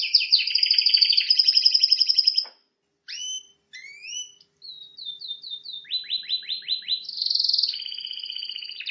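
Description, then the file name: Canary song: fast rolling trill, a pause, upswept whistles, a run of repeated downward-sliding notes, then a bright high trill and rolling phrase. "Canary Voice"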